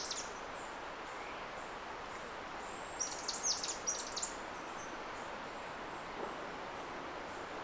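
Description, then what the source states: Red-collared myzomela calling: one short cluster of sharp, high-pitched notes midway through, over a steady soft hiss. Papua New Guinea.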